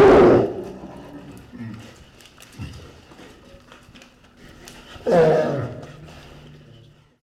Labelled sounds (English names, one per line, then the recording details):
Brown Bear
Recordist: Tembrock, Günter
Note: Lautfolgen